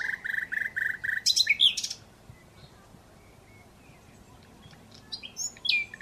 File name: Luscinia megarhynchos